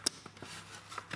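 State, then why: Seated. A new fog light wiring plug is slid up onto the plastic harness connector of a 2018 GoldWing motorcycle and clicks in sharply at 0.1 s, fully seated. Quieter ticks and handling rustle follow around 0.3, 0.4, 1.0 and 1.1 s.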